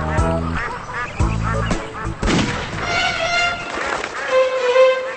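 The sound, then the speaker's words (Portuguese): Wild ducks playing on a lake quack repeatedly, loud nasal calls overlapping in uneven bursts, followed by a few higher, drawn-out squawks toward the end. “Correu e encontrou um lago onde patos selvagens brincavam alegremente.”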